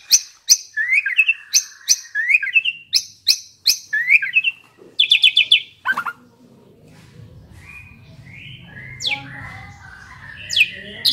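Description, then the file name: Asian pied starling song: a rapid series of sharp high chips with slurred whistles, repeated phrases for six seconds, then softer varied warbles over a low rumble. Champion-grade songbird known locally as jalak suren. "suara burung jalak suren juara"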